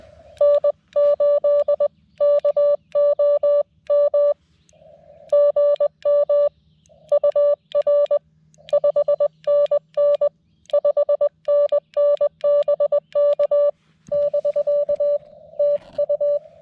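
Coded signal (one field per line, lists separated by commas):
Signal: Morse code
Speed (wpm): 21 wpm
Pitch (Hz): 580 Hz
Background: none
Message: N8KOM GM UR 5NN 5NN BK <BK> TU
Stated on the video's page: CW park activation on a TX-500 with a vertical antenna in sketchy weather.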